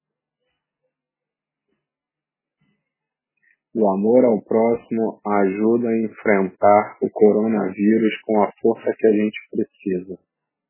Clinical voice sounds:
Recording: spoken sentence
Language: Brazilian Portuguese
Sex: male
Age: 30 to 39 years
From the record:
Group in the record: control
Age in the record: 35 years

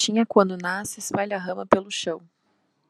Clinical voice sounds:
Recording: short text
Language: Brazilian Portuguese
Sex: male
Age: 20 to 29 years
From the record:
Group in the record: control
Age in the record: 23 years

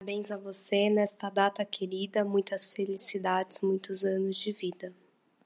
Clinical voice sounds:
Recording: short text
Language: Brazilian Portuguese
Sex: female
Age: 30 to 39 years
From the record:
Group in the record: control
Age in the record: 36 years

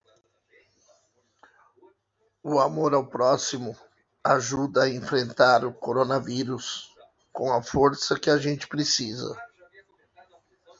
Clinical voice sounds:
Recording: spoken sentence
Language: Brazilian Portuguese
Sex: male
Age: 40 to 49 years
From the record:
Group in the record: control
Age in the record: 47 years

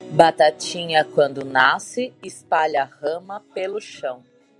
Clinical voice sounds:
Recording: short text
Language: Brazilian Portuguese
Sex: female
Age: 30 to 39 years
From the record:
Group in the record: control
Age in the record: 38 years

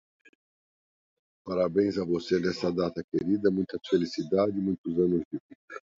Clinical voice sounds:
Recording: short text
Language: Brazilian Portuguese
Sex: male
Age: 60 to 69 years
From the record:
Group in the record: control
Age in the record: 61 years

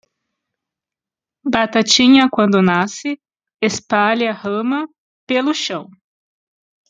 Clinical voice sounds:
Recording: short text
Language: Brazilian Portuguese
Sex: female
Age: 40 to 49 years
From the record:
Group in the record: control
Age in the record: 42 years

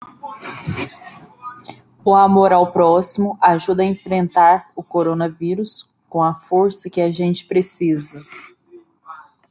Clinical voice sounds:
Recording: spoken sentence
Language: Brazilian Portuguese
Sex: female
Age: 20 to 29 years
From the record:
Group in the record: control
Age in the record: 29 years

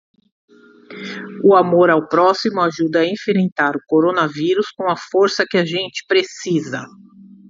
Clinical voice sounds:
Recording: spoken sentence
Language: Brazilian Portuguese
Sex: female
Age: 40 to 49 years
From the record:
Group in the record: control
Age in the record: 49 years

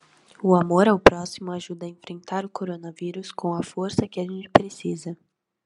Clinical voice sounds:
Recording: spoken sentence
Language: Brazilian Portuguese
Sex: female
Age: 18 to 19 years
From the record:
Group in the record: control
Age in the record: 19 years

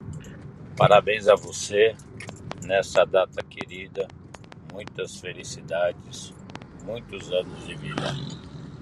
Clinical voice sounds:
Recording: short text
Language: Brazilian Portuguese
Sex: male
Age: 50 to 59 years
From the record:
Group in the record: control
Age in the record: 53 years

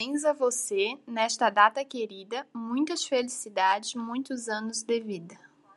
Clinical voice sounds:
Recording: short text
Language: Brazilian Portuguese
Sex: female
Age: 18 to 19 years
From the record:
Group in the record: control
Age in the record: 18 years

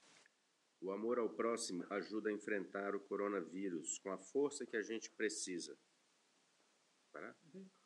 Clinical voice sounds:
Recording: spoken sentence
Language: Brazilian Portuguese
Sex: female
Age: 40 to 49 years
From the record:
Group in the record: control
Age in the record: 48 years

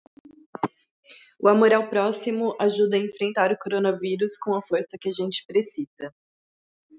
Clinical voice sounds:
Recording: spoken sentence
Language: Brazilian Portuguese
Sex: female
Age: 30 to 39 years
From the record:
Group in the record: control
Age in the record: 33 years

